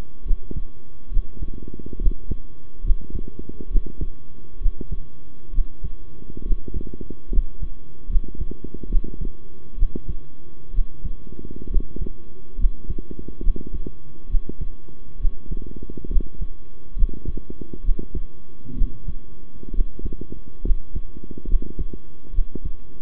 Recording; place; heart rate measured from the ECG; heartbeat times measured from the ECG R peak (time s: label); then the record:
heart sounds by stethoscope; between the tricuspid and mitral areas; 68 bpm
0.25 s: heartbeat
1.11 s: heartbeat
1.99 s: heartbeat
2.83 s: heartbeat
3.70 s: heartbeat
4.60 s: heartbeat
5.52 s: heartbeat
6.44 s: heartbeat
7.30 s: heartbeat
8.08 s: heartbeat
8.89 s: heartbeat
9.77 s: heartbeat
10.73 s: heartbeat
11.69 s: heartbeat
12.57 s: heartbeat
13.42 s: heartbeat
14.28 s: heartbeat
15.19 s: heartbeat
16.09 s: heartbeat
16.95 s: heartbeat
17.83 s: heartbeat
18.76 s: heartbeat
19.73 s: heartbeat
20.63 s: heartbeat
21.47 s: heartbeat
22.32 s: heartbeat
From the record:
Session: rest, sitting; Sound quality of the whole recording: good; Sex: male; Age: 23 years